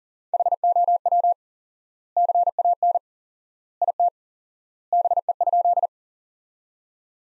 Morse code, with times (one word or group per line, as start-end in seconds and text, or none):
0.3-1.3 HOW
2.2-3.0 CAN
3.8-4.1 IT
4.9-5.9 BE?